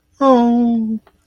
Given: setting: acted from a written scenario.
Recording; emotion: vocal sound without words; guilt